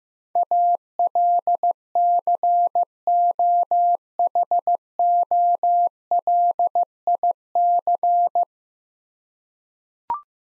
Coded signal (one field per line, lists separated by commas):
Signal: Morse code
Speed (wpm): 15 wpm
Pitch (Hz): 700 Hz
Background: none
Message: ALCOHOLIC